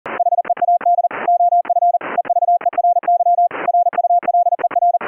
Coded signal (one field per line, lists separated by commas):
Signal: Morse code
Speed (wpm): 40 wpm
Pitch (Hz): 700 Hz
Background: none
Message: HEAD OF EVERY RULER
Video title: Keying CW afcw mode on a K3S - using a high pitched PTT activation tone & delayed CW tone